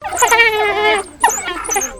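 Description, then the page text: African wild dog whining: a long, high, harmonic whine holding steady for about a second, then a shorter, wavering second whine after a brief pause. Wild dogs whining in a zoo habitat. "Animal African Wild Dog Whining. Wild Dogs in a zoo habitat"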